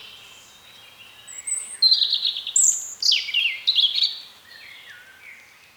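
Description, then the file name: European robin singing a varied phrase of high, thin whistles and sliding twitters, loud in the middle and fading to softer notes. "Erithacus rubecula"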